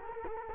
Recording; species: mosquito wingbeat signal from an infrared sensor; Culex quinquefasciatus